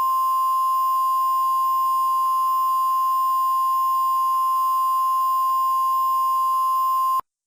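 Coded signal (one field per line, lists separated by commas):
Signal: Emergency Alert System (SAME) tones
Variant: 1050 Hz attention tone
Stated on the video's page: Fictional EAS scenario using valid SAME tones; simulated, not a real broadcast.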